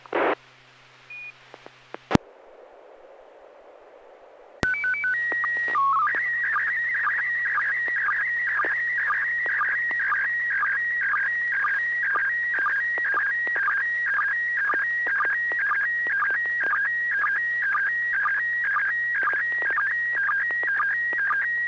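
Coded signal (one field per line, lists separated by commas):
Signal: SSTV (slow-scan television)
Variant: PD120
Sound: brief start tones, then a steady warbling whine with rhythmic low blips throughout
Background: radio hiss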